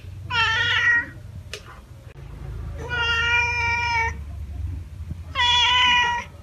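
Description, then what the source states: Meowing cat: a brief wavering call, a long flat meow, then another loud cry, separated by quiet pauses. Cat meowing to chase away mice.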